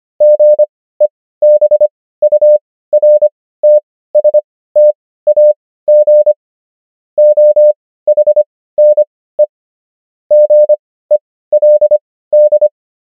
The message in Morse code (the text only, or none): GEBURTSTAG OHNE GELD